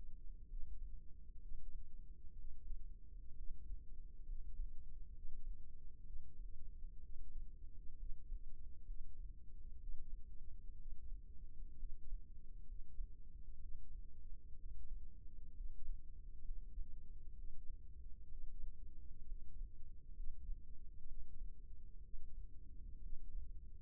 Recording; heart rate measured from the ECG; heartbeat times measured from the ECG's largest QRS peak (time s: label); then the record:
heart sounds by microphone in the left ear; 64 bpm
0.49 s: heartbeat
1.42 s: heartbeat
2.37 s: heartbeat
3.37 s: heartbeat
4.27 s: heartbeat
5.15 s: heartbeat
6.06 s: heartbeat
7.02 s: heartbeat
7.99 s: heartbeat
8.87 s: heartbeat
9.80 s: heartbeat
10.79 s: heartbeat
11.79 s: heartbeat
12.68 s: heartbeat
13.62 s: heartbeat
14.58 s: heartbeat
15.56 s: heartbeat
16.45 s: heartbeat
17.37 s: heartbeat
18.30 s: heartbeat
19.28 s: heartbeat
20.16 s: heartbeat
21.08 s: heartbeat
22.04 s: heartbeat
23.02 s: heartbeat
From the record:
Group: healthy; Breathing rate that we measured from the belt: 16 breaths a minute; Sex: male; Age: 22 years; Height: 181 cm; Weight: 79 kg